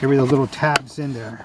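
A plastic interior trim panel around a vehicle's rear hatch is handled while its clips are being fitted back into the hatch body, after the rear camera wire of an SSONTONG A9 front and rear dash cam has been routed. Someone talks throughout, with brief sharp handling taps near 0.8 s and 1.5 s. Nothing has seated or clicked yet.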